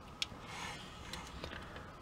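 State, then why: Seated. The plastic torso section of a large custom brick-built transforming robot is pressed down onto its mounting points in the robot's chest frame. A sharp snap at 0.2 s is followed by fainter ticks around 1.1, 1.4 and 2.1 s. The torso clips into place, with everything aligned.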